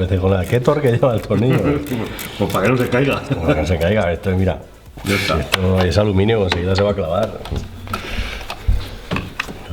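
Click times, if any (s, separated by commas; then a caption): 9.4 s. A fuel line quick connector is pushed onto the new diesel fuel filter housing on a 1.6 HDi while someone talks. A sharp click is heard at 9.4 s as the connector seats.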